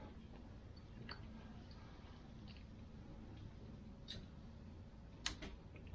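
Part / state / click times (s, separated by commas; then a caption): spark plug lead boot onto spark plug / seated / 5.3 s. An HT spark plug lead boot on a 1971 Range Rover is pressed onto its spark plug, and it clicks on audibly this time at 5.3 s, seating the boot. Softer ticks come at about 1.1 s and 4.1 s over a steady low rumble, with a few small clicks following the main one.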